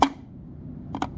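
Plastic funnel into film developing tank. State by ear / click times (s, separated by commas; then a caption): seated / 0.0 s. A plastic funnel lid is pressed onto a film developing tank, and the small plastic tabs on its edge snap into place with a sharp click at 0.0 s, followed by two fainter, quick clicks near 1.0 s. The lid is seated; the tabs must click in or the lid could fall off.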